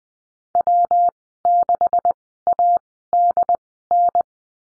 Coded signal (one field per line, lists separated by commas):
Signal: Morse code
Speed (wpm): 20 wpm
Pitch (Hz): 700 Hz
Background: none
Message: W6ADN